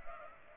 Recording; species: mosquito wingbeat signal from an infrared sensor; Culex pipiens